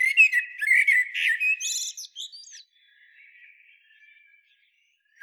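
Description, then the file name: Common blackbird producing one flowing whistled phrase ending in a high squeaky flourish, then quieter warbling. "Turdus merula"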